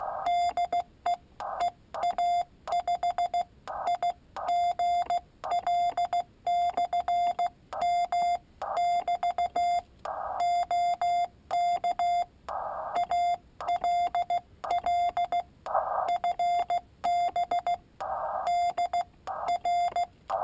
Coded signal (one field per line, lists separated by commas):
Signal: Morse code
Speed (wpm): 16 wpm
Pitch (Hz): 700 Hz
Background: none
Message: DE EA5IGL/M<BT> OK ALL FB DR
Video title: Palm Pico Paddle key